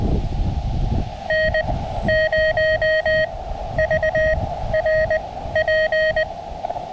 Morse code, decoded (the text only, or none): N0VRP